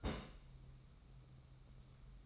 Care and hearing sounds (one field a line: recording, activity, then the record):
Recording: daily activity, microphone in the room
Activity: place on stove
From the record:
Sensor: 1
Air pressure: 994.5 hPa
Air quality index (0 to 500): 229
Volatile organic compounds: 1000 ppm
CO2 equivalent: 8258 ppm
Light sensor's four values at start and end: 141/323/144/158 and 141/323/144/158